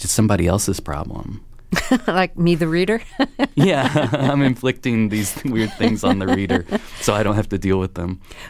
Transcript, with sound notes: It's somebody else's problem.
Like me, the reader (laughter)?
Yeah (laughter) I'm inflicting these weird things on the reader so I don't have to deal with them.